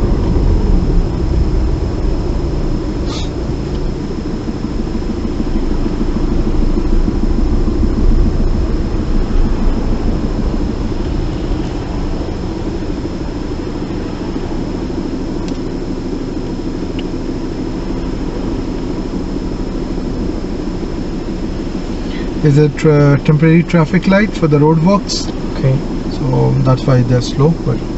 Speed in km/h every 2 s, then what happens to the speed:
6, 2, 3, 6, 5, 2, 0, 0, 0, 0, 0, 0, 0, 0.
0-10 steady at about 3. 10-28 standing.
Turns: none.